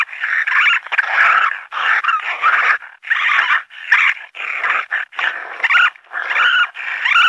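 Raccoon giving rough, raspy snarls in quick, broken bursts, with a few thin, wavering squeals mixed in toward the end.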